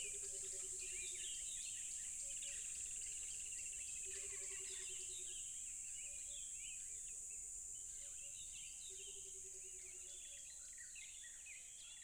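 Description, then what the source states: Crickets in a steady, high, shrill drone, with many twittering birds and low repeated hooting notes underneath. Loud crickets by a tropical river.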